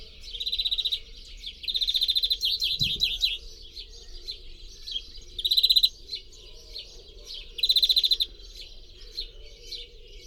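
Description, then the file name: European greenfinch delivering fast rolling trills and chattering twitters in repeated bursts, with a brief low thump and a soft steady background hum. "Chloris chloris"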